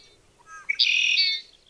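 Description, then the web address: Red-winged blackbird song: a few short introductory notes, then a loud, harsh, buzzy trill held briefly before it stops. "soundandlightecologyteam"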